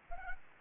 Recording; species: mosquito wingbeat signal from an infrared sensor; Anopheles arabiensis